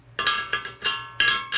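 An O2 sensor plug is tried in the old welded O2 bung on a removed exhaust header, and it clanks loosely in the hole with bright metallic rings at about 0.2, 0.5, 0.9, 1.2 and 1.5 s. It never catches a thread, and nothing has seated or clicked yet. The bung is completely stripped, with no threads left.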